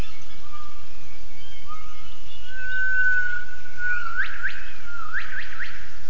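Gibbon call: long whistled notes, followed by a quick series of short, sharply rising whoops near the end.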